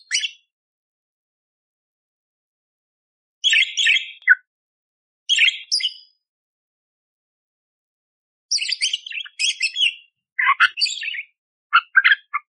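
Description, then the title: Budgerigar chattering in short scratchy bursts separated by long silences, then a denser run of squeaky chirps toward the end. Training (masteran) song for songbirds, described as clear and vigorous (gacor) with rough 'tembakan' shot phrases, suited for training oriental magpie-robins (kacer). "Masteran Burung Parkit Gacor Jernih Full Isian Tembakan Kasar Cocok Buat Kacer"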